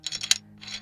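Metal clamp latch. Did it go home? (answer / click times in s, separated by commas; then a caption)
yes / 0.3 s. A camera quick release plate is pushed back into the clamp of a Cayer K10 Pro heavy-duty tripod fluid head, with the buttons clicked and the arrow on top facing up. A few short, bright plastic-and-metal clicks and rattles are heard, with the sharpest, loudest click at 0.3 s and a smaller one near 0.9 s. The plate locks into place and is seated.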